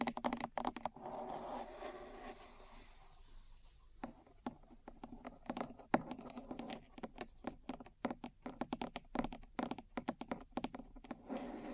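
Metal parts tap and scratch in a quick, irregular run of sharp clicks and knocks throughout. The opening seconds carry a rougher scraping layer under the taps, which thins out after about four seconds, leaving denser, brighter ticking clusters with brief pauses.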